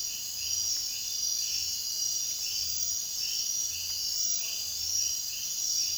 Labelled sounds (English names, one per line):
none